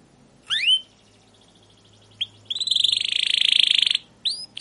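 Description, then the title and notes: Canary song in short bursts: an upslurred whistle, a brief note, then a fast buzzy trill followed by rising chirps, with pauses between. Long, continuous chirping canary song, used as a lure and master recording for teaching young captive canaries. "CUIT CUIT NGEROL GACOR PANJANG Kenari Pancingan KENAR. PANCINGAN Kenari GACOR PANJANG Cuit CUIT EMOSI MASTERAN Kenari PAUD belajar BUNYI. burung kenari"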